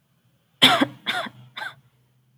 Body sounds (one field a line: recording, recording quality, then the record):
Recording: shallow voluntary cough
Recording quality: excellent, no background noise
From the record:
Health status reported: recovered from COVID-19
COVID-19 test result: positive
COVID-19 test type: RT-PCR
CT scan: not taken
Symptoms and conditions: none ticked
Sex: female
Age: 24 years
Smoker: no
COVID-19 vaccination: none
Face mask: not worn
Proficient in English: no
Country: India